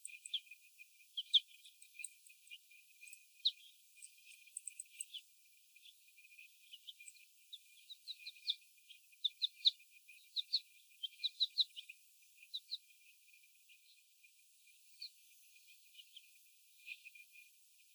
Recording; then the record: young laying hens in a cage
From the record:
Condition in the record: before the stressor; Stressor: sudden umbrella opening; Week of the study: 1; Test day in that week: 1